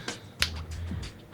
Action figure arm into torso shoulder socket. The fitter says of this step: And when you hear that snap, you know it's in there.